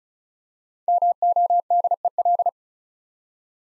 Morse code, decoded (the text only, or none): MODEL